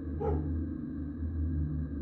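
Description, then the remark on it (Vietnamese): A dog lets out one short bark at night, over a low, steady rumbling drone that continues throughout. No one speaks. “Tiếng chó cũng bắt đầu sủa lên inh ỏi.”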